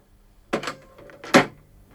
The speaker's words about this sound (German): Und schon schlägt sie Eberding die Tür vor der Nase zu.